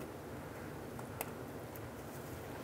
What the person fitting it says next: press it down and you hear it click into place